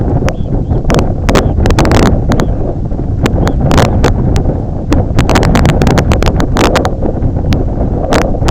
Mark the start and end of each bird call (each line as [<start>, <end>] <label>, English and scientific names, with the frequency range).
[0.26, 2.56] Red Phalarope (Phalaropus fulicarius) (2.5-4.2 kHz)
[3.31, 3.58] Red Phalarope (Phalaropus fulicarius) (2.4-4.1 kHz)
[3.83, 4.07] Red Phalarope (Phalaropus fulicarius) (2.5-4.2 kHz)